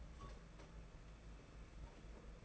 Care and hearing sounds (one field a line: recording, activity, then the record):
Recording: daily activity, microphone in the room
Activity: take from stove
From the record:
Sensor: 5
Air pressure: 992.2 hPa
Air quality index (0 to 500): 211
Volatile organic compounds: 1000 ppm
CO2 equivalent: 6115 ppm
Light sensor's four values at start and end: 6/14/5/6 and 6/14/5/6